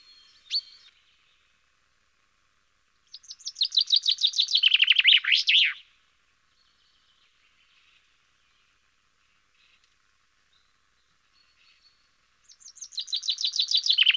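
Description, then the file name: Common chaffinch singing a fast cascade of descending notes with an emphatic ending, after one sharp call; a second song begins near the end. "Fringilla coelebs"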